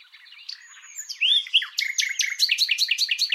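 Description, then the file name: Common nightingale song: a soft varied start, then loud whistled slurs around one second, ending in a fast run of repeated sharp notes. "Luscinia megarhynchos"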